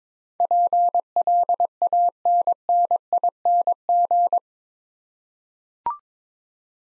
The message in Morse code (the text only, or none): PLANNING